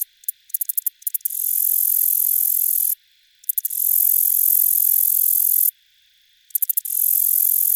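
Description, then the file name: Black-legged meadow katydid song: stuttering ticks accelerate into drawn-out buzzing trills lasting about two seconds, repeated after short silences, with a faint continuous whine behind. On buttonbush. "Black-legged-MK-on-buttonbush 1-BPond-BW"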